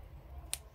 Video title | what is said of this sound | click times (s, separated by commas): new lockets and beads collection,8501062058 | lock అయిపోయింది so | 0.5 s